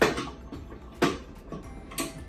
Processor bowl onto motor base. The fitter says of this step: until it clicks into place